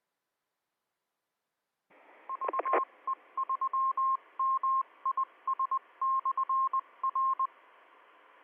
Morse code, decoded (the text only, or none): VE3MIS/R